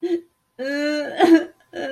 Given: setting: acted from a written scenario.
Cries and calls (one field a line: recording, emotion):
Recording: vocal sound without words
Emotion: sadness